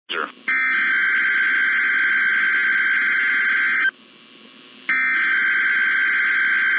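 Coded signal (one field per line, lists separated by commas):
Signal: Emergency Alert System (SAME) tones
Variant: header bursts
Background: speech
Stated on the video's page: NOAA Weather Radio activations: severe thunderstorm watches and warnings plus Required Weekly Tests.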